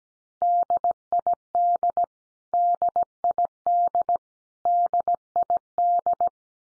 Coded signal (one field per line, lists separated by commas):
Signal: Morse code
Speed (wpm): 17 wpm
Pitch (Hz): 700 Hz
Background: none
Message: DID DID DID